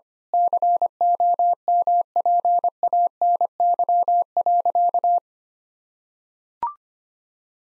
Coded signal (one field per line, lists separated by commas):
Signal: Morse code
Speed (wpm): 25 wpm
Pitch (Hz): 700 Hz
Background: none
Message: COMPANY.